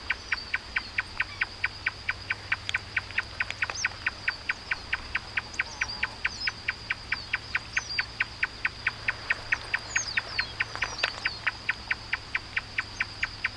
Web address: sound Marsh-tapaculo. صدای-پرنده-تپلک-ماندابی